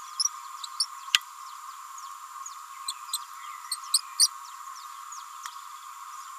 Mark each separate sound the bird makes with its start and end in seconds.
0.18-0.29, 0.80-0.86, 2.88-2.92, 3.12-3.18, 3.71-3.77, 4.18-4.28